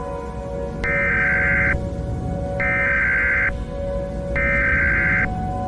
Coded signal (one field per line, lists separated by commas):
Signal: Emergency Alert System (SAME) tones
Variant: header bursts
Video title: EAS Short - Tornado Incident (1 Year of EAS)